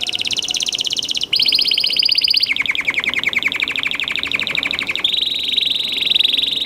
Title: Esquente Seu Filhote E Canario Belga Macho Cantando Muito. Canary 's song for training